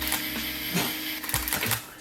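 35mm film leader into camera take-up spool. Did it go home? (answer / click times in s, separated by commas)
no / none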